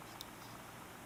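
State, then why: Not seated. A memory card is handled at the second slot on the other side of a CLWHJ SD/Micro SD card reader with standard and Micro USB connectors. Over a steady low hiss there is one brief, faint high tick around 0.2 s. Nothing has seated or clicked yet.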